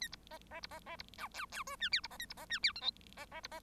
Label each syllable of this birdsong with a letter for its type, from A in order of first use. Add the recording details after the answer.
A B C C B C C B D E E F G H B C A B C G H I J C C B C. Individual Bird1